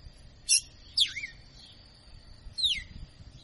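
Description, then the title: Red-cowled cardinal song: three sharp, steeply descending whistled notes spaced irregularly, the last sliding down into a lower tone, over a steady faint high tone. Female; a 'professor' (teacher) bird singing in açoitando style. "Canto Galo Campina Fêmea. Galo de Campina Professor Açoitando ( Uma Verdadeira Máquina )"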